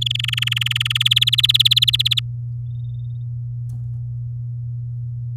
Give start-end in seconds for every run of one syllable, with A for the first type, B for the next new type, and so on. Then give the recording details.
0.01-1.03 A, 1.05-2.20 B. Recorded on 10 May 2018 at 07:43. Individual llb16